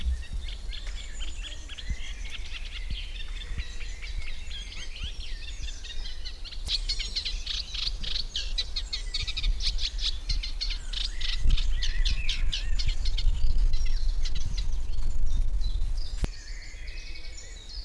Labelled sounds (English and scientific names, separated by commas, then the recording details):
Eurasian Reed Warbler (Acrocephalus scirpaceus) song
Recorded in the wild
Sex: male
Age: adult
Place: Lübars (Fließtal), Berlin, DE
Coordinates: 52.6167, 13.35
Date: 1999-05-30 11:24
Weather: fair, 26°C, wind
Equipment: Sony MD-WM MZ-R3, Sennheiser ME 80, Kopie Uher 4000 Report Monitor
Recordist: Tembrock, Günter